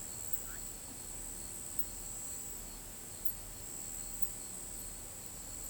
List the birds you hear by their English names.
none